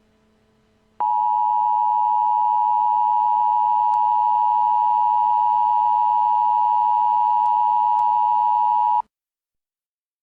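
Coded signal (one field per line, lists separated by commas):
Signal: Emergency Alert System (SAME) tones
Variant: 853 and 960 Hz attention tone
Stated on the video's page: Fictional zombie virus EAS mock made for entertainment only.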